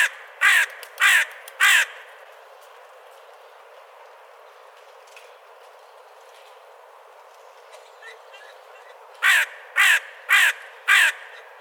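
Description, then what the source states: Crow calling in two bursts of harsh caws, three at the start and four near the end, roughly half a second apart, with a long quiet gap between. Recorded outside a window.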